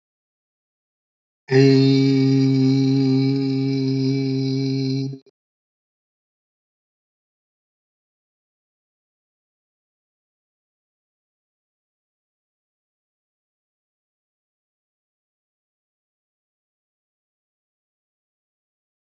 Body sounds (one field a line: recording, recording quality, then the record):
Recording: sustained vowel as in made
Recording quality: excellent, no background noise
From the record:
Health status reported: healthy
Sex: male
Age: 36 years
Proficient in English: yes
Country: India